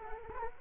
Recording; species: mosquito wingbeat signal from an infrared sensor; Culex quinquefasciatus